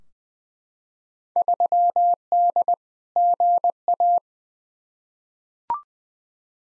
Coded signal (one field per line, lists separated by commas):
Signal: Morse code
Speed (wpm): 20 wpm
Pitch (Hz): 700 Hz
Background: none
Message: 3D GA